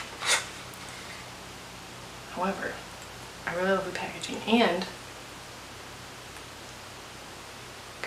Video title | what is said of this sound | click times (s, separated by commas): Top Periwinkle Polishes for Spring! | you hear that it clicks | 8.0 s